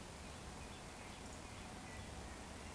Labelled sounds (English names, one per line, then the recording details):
Eurasian Woodcock whistle
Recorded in Baden-Württemberg, Germany, on 15 June 2020 at 19:34 UTC
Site 14569, 102 m above sea level